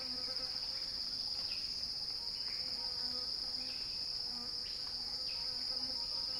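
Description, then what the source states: Cicada song droning without pause on a single high note, even, with short soft low hoots repeating underneath. Cicada song described as a crescendo, recorded by Axel Drioli.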